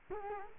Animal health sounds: mosquito wingbeat signal from an infrared sensor; Culex quinquefasciatus

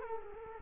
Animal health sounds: mosquito wingbeat signal from an infrared sensor; Culex quinquefasciatus

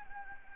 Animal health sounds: mosquito wingbeat signal from an infrared sensor; Anopheles gambiae

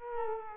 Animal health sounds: mosquito wingbeat signal from an infrared sensor; Culex quinquefasciatus

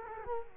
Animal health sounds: mosquito wingbeat signal from an infrared sensor; Culex quinquefasciatus

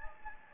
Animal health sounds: mosquito wingbeat signal from an infrared sensor; Anopheles gambiae

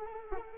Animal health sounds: mosquito wingbeat signal from an infrared sensor; Anopheles arabiensis

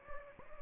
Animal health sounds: mosquito wingbeat signal from an infrared sensor; Anopheles gambiae

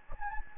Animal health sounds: mosquito wingbeat signal from an infrared sensor; Anopheles gambiae

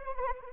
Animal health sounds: mosquito wingbeat signal from an infrared sensor; Anopheles arabiensis

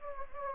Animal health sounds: mosquito wingbeat signal from an infrared sensor; Anopheles gambiae

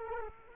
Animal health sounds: mosquito wingbeat signal from an infrared sensor; Culex quinquefasciatus

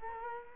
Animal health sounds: mosquito wingbeat signal from an infrared sensor; Culex quinquefasciatus

